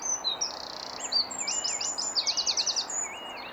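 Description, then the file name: Eurasian wren singing a fast, shrill run of high buzzy notes and rattling trills, with a repeated lower wavering whistle underneath. "Troglodytes troglodytes"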